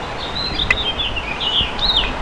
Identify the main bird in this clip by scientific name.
Haemorhous mexicanus